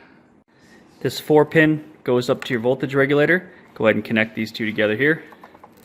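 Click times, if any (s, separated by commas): none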